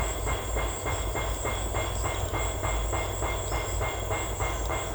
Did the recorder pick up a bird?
no